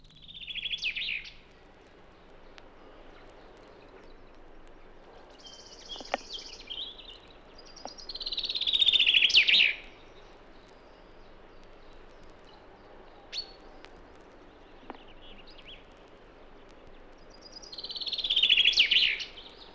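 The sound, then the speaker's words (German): Two neighbouring male songbirds countersing with quite different song phrases, alternating high and bright, one drawn-out and slurred, the other clipped and stepped, while a robin sings faintly in the background between them. “In der folgenden Aufnahme singen sich zwei benachbarte Männchen mit recht unterschiedlichen Strophen an.”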